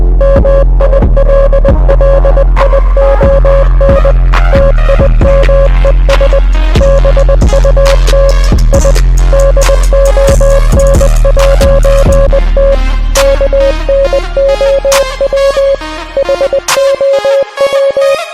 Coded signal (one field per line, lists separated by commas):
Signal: Morse code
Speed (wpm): 20 wpm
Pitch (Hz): 550 Hz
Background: music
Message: MILLION TIMES BUT I DON'T KNOW HOW